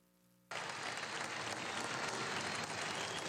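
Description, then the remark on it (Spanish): After half a second of quiet, loud applause for a young student candidate bursts in and continues steadily, a dense wash of many hands clapping with no talking over it. “Un aplauso a este joven, como él, a todos.”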